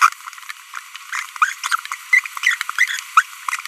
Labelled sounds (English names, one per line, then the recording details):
Green-rumped Parrotlet babbling
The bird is a female
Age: 25 days
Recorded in a nest box in Venezuela
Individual 17B42B1